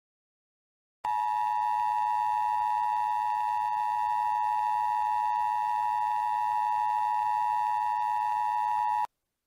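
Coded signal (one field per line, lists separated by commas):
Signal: Emergency Alert System (SAME) tones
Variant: 853 and 960 Hz attention tone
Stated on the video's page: Mock EAS alert recreating a real Alabama Civil Emergency Message issued during unusually heavy icing.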